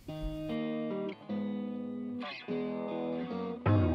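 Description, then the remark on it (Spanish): A heavily distorted electric guitar plays the intro of the Christmas carol We Wish You a Merry Christmas: a handful of loud, sustained, buzzing notes with brief breaks between them, no voices. “también se atrevió con su banda a hacer un EP de canciones navideñas y canciones muy clásicas, pero eso, pues con su estilo, con su fuerza guitarrera y distorsión.”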